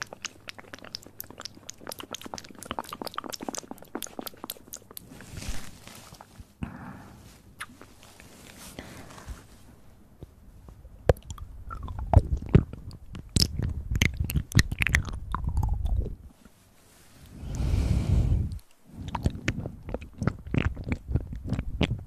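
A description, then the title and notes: Wet mouth sounds: a dense run of sharp clicks and smacks fills the first five seconds, then thins to scattered pops. Crunchy chewing bursts and a few breathy swells follow, with a brief silence near eighteen seconds before the clicking resumes. Sensitivity Spine Tingling Mouth Sounds.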